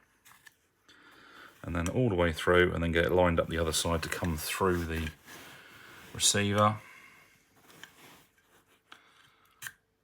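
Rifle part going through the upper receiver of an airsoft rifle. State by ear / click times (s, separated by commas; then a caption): seated / 8.9 s, 9.7 s. A part is fed through the upper receiver of a VFC gas blowback airsoft rifle, an AR15/SR16 custom build, and lined up on the other side until it sits in place. Someone talks through the first part of the clip, then faint rubbing and small handling sounds follow. Sharp clicks come at 8.9 s and 9.7 s as the part seats and is installed.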